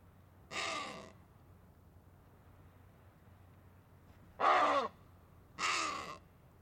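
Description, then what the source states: Wattled ibis giving loud, harsh, raucous calls: one blast early, then a long pause and two more close together, each about half a second long. Small group of Wattled Ibises feeding on crags on the Sanetti Plateau.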